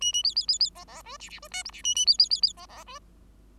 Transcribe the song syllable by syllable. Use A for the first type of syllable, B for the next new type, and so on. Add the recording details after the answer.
A A B B B B C C D E E D F G E A A B B B B C C D. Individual Bird5